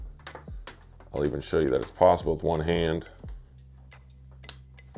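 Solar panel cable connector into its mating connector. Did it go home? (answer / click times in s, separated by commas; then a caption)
yes / 4.5 s. Two plastic solar panel cable connectors, one male and one female, are pushed together one-handed into each other while someone talks, with small handling ticks around them. A sharp click at 4.5 s marks the connectors seating fully and joining.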